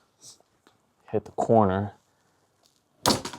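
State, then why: Seated. A corner bracket is pushed into the frame of a Godox F400R LED light panel and locks into place, with one sharp, loud click at 3.1 s. Someone talks before the click. The corner is seated and feels solid.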